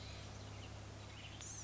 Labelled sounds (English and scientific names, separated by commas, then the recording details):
Blue-gray Gnatcatcher (Polioptila caerulea)
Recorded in Sonoma County, California